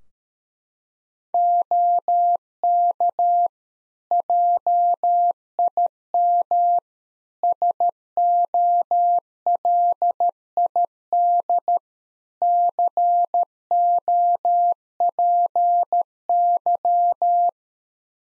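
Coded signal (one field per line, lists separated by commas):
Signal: Morse code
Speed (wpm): 13 wpm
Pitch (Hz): 700 Hz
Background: none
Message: OK JIM SOLID COPY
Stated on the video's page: Morse practice QSO at 13 wpm, head-copy drill of the more-information segment: ham FER, age, occupation.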